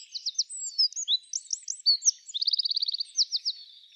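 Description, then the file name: Eurasian wren song, a hurried stream of shrill chips, slurred notes and a fast rattling trill, all very high-pitched and continuous throughout. "Troglodytes troglodytes"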